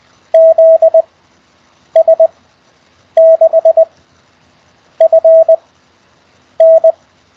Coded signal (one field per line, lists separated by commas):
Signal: Morse code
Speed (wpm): 20 wpm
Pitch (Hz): 650 Hz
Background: none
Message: ZS6FN